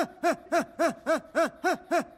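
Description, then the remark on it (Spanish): A person pants quickly in a steady rhythm, about eight short, voiced huffing breaths in a row, imitating a small dog's panting as part of a 'big dog, small dog' breathing exercise. “¿Se acuerdan del ejercicio de perro grande, perro chico? Así, perro chico.”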